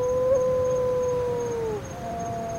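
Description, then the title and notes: Wedge-tailed shearwater wailing call: a steady, drawn-out moaning tone that holds level, then slides down and fades near the end. Three wedge-tailed shearwaters, calling while said to be mourning the loss of their partners. "Wedge tailed shearwater tragedy. 3 wedge tailed shearwaters mourn the loss of their partners"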